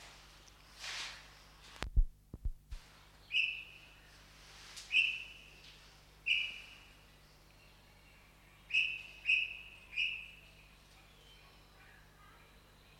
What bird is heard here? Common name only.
Golden-breasted Starling